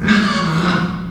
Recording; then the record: squeal of a Yucatan mini pig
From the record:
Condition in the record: after surgery on the right vocal fold (resection and tissue-engineered implant); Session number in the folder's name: 16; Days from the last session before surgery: 183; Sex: female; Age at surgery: 19 weeks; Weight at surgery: 25 kg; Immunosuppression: prednisolone